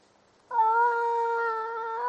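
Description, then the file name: Seal call: one sustained, steady harmonic wail starting abruptly and holding an even pitch to the end. "audio hero Seal"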